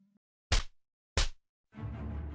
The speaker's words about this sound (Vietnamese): Vì bị cô ta tát hai cái như trời giáng, đôi má trắng phấn giờ đây in rõ một bàn tay trên đó.